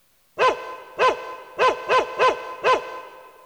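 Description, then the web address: Dog barking, six short sharp barks in quick succession over about two and a half seconds, with no other sounds. "asahi music. dog"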